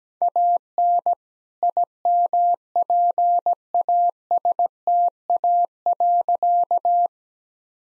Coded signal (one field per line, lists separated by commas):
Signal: Morse code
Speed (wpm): 17 wpm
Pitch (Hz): 700 Hz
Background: none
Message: AN IMPASTA.